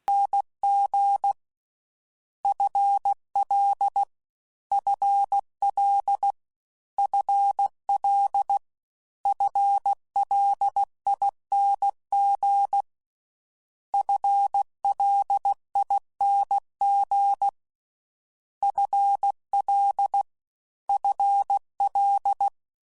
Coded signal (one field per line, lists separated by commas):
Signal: Morse code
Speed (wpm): 16 wpm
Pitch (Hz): 800 Hz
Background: none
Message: NG FL FL FL FLING FLING FL FL